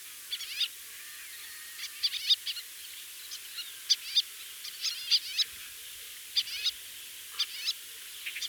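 White-tailed lapwing flight calls: short, sharp, high notes in quick irregular clusters, repeated over a faint steady background hiss.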